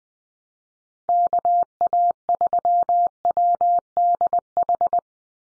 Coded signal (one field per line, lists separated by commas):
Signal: Morse code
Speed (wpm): 20 wpm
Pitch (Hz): 700 Hz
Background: none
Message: KA3WDH